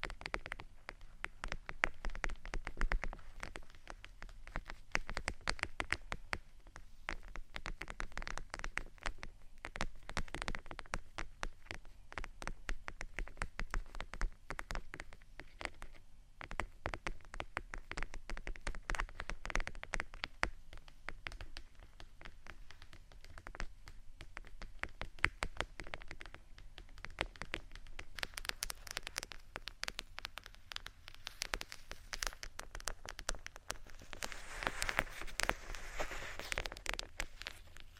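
Fingers tap and scratch vinyl in a dense, continuous patter of crisp little clicks and scrapes, rising to a brighter rasp near the end.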